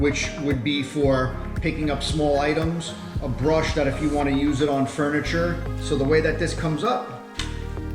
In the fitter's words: it goes all the way back it locks into place